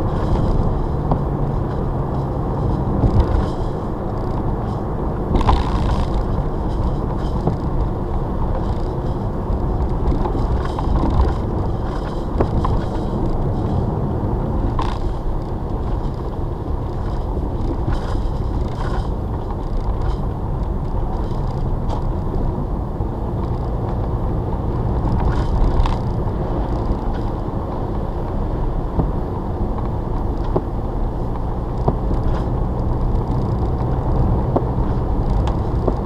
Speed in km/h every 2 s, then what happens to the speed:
45, 52, 55, 60, 56, 48, 48, 52, 42, 37, 39, 40, 52, 50, 52, 52, 52, 53.
0-6 speeds up to 60. 6-10 slows to 48. 10-15 steady at about 48. 15-17 brakes to 37. 17-23 steady at about 39. 23-25 speeds up to 52. 25-36 steady at about 52.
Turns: none.